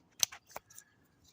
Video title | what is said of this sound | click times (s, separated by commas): 2000 model key switch replacement on a sport Trac | Clicks in place and | 0.2 s